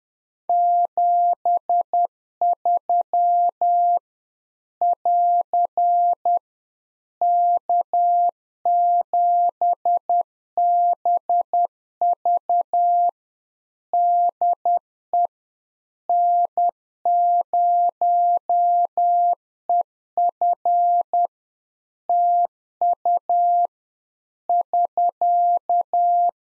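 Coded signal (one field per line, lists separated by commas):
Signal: Morse code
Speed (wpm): 10 wpm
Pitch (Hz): 700 Hz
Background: none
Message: 73 <AR> K7BV DE N0EF TU <SK>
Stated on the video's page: Practice QSO ending segment (pleasantries, 73) at 10 wpm for head-copy, sent in Morse, then spoken, then sent again; used in CW club QSO classes.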